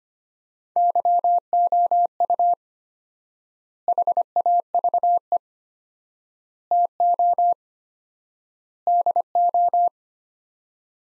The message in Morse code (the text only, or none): YOU HAVE TO DO